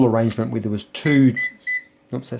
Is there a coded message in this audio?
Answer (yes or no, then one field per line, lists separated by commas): no